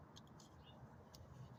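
An electrical plug is handled and pushed toward the plastic socket of the A/C compressor connector on a 2016 Kia Sorento (2010-2016 generation) during alternator installation, with low rumbling handling noise and brief sharp ticks near 0.2 s and 1.2 s. Nothing has seated or clicked yet.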